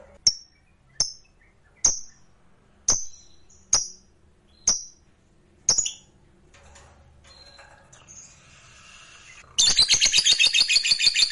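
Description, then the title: Lovebird gives seven sharp single chirps about once a second, a pause, then bursts into a rapid shrill trill at the end. Fighter lovebird; the recording features ngekek panjang, a long trill. "Begitu Dengar Suara Lovebird FIGHTER NGEKEK PANJANG"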